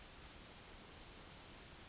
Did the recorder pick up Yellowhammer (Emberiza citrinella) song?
yes